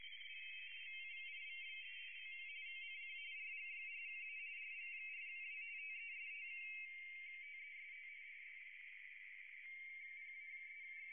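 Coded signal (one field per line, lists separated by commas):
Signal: RTTY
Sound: two overlapping fast warbling two-tone teleprinter signals, continuous throughout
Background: radio static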